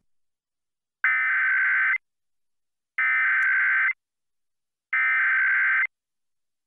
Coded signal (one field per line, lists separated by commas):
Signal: Emergency Alert System (SAME) tones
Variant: header bursts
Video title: EAS Mini-Timeline Vermont Tests It's AMBER Alert Network (Child Abduction Emergency)